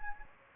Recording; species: mosquito wingbeat signal from an infrared sensor; Anopheles gambiae